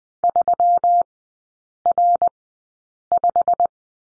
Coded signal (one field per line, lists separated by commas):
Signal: Morse code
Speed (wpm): 20 wpm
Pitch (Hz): 700 Hz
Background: none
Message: 3R5